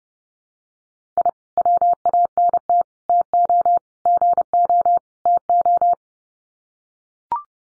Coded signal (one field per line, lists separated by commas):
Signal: Morse code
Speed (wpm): 29 wpm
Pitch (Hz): 700 Hz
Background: none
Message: I WANT TO GO TO